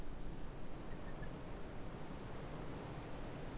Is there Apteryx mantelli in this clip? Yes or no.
no